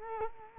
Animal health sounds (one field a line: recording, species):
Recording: mosquito wingbeat signal from an infrared sensor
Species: Culex quinquefasciatus